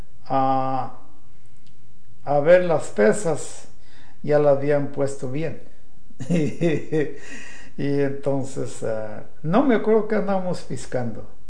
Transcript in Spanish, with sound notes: A ver las pesas, ya la habían puesto bien. (risas) Y entonces, no me acuerdo qué andábamos piscando,